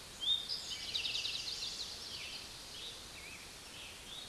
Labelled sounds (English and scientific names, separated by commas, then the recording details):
Eastern Towhee (Pipilo erythrophthalmus) song
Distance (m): 35 m
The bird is about 5 m above the microphone
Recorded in a Pennsylvania forest on 16 May 2024 at 06:11
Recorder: AudioMoth, point MSD-2287
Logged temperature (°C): 11.2 °C
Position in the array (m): 110 m, 6 m